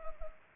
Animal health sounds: mosquito wingbeat signal from an infrared sensor; Anopheles arabiensis

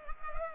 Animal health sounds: mosquito wingbeat signal from an infrared sensor; Culex pipiens

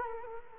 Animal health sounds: mosquito wingbeat signal from an infrared sensor; Culex quinquefasciatus

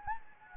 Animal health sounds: mosquito wingbeat signal from an infrared sensor; Anopheles gambiae

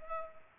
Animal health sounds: mosquito wingbeat signal from an infrared sensor; Culex pipiens

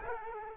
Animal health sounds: mosquito wingbeat signal from an infrared sensor; Culex quinquefasciatus

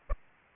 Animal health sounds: mosquito wingbeat signal from an infrared sensor; Aedes aegypti

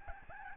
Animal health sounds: mosquito wingbeat signal from an infrared sensor; Aedes albopictus

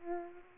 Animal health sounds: mosquito wingbeat signal from an infrared sensor; Aedes aegypti

